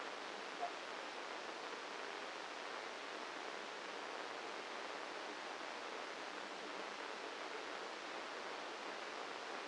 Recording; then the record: brain microelectrode recording played as sound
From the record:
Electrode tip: outside the subthalamic nucleus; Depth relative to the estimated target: 4 mm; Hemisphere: left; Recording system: NeuroSet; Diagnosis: Parkinson's disease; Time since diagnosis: 9 years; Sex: male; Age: 56 years